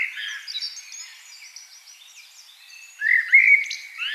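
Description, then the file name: Common blackbird song: a thin scratchy twitter at first, then a louder fluty phrase near the end. "Turdus merula"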